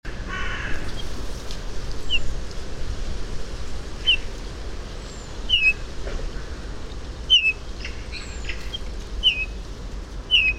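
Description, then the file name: Eurasian bullfinch piping, falling whistles repeated about six times at uneven intervals, with a steady low rumble and faint high chirps in the background. "Pyrrhula pyrrhula"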